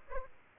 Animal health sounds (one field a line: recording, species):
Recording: mosquito wingbeat signal from an infrared sensor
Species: Aedes aegypti